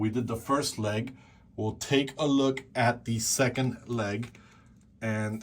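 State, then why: Not seated. Someone talks while handling the second leg of a plastic McFarlane Solomon Grundy action figure from Batman: Arkham City, bringing it toward the hip peg on the figure's body. Nothing has seated or clicked yet; the clip ends before the leg snaps home.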